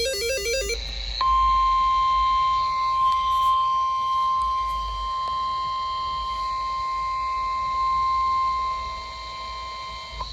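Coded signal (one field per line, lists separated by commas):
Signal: Emergency Alert System (SAME) tones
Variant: 1050 Hz attention tone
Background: music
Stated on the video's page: Real alerts, including severe thunderstorm warnings, captured across Southeast Georgia and Southern South Carolina from NOAA Weather Radio and recorded on iPhones.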